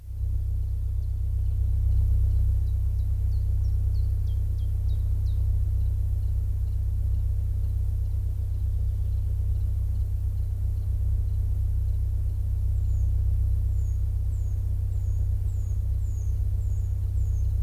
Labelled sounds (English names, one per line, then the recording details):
Common Chiffchaff song
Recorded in the wild
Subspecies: abietinus
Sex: male
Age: adult
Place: Ånge, Medelpad, Västernorrlands län, SE
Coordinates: 62.5333, 15.7167
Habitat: spruce
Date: 1971-07-12
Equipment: Nagra SN, AKG CK 5, 9 cm/s, Kopie Nagra III PH
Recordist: Schneider, Hans-Joachim
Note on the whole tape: Östlich Ånge und bei Erikslund im Flußtal des Ljungan, Nordschweden. Phylloscopus collybita abietinus. 1.Männchen: Gewöhnliche Gesänge mit längeren Zwischenlauten. 2.Männchen: Gewöhnliche Gesänge. 3. Männchen: Gewöhnliche Gesänge, gute Zwischenlaute. (Beste Aufnahme!). 4.Männchen: Gewöhnliche Gesänge mit interessanten Zwischenlauten. Kopie von SN4/ 1. Aufnahme überspielt am 20.07.1971. (Rest dieser Aufnahme siehe N876/II/abiet.7.) Sonagramm